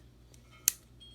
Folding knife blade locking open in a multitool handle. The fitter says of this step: locks in place as well